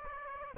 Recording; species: mosquito wingbeat signal from an infrared sensor; Aedes aegypti